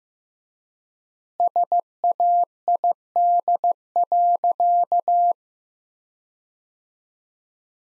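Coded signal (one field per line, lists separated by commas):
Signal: Morse code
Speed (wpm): 15 wpm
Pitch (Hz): 700 Hz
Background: none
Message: SAID.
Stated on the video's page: Practice sentences built from the top 100 words, sent at 15 wpm with 3x standard word spacing, a word-level analogue of Farnsworth spacing.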